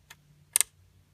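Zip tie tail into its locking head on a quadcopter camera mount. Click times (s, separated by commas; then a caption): 0.6 s. A plastic zip tie's tail is fed through its locking head on a Tarantula X6 jello-free quadcopter camera mount. After a faint tick near 0.1 s, the ratchet gives two sharp, bright clicks in quick succession at about 0.6 s. The zip tie ratchets through its lock and is seated.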